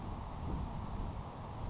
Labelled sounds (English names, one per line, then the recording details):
Grasshopper Sparrow
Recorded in Sonoma County, California